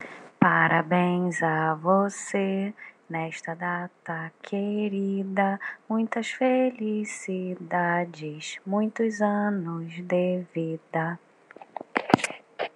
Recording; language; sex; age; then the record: short text; Brazilian Portuguese; female; 30 to 39 years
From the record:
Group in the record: control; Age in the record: 39 years